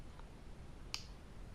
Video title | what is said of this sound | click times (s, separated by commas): Ducati Xdiavel. | did you hear the click that's it locked that is now locked back into position okay | 0.9 s